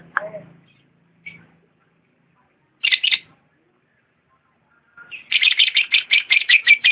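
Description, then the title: Lovebird song: scattered short chirps and pauses, ending in a fast, harsh chattering series. Champion lovebird song. "KICAU BURUNG LOVEBIRD JUARA"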